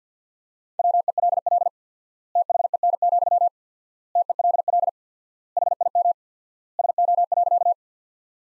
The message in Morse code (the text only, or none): WELL THEN, TELL HIM SO.